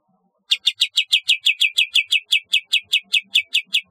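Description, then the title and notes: Bulbul song: a steady series of many short, bright, downslurred chirps, starting after a brief silence. "Kicau Burung Kapas"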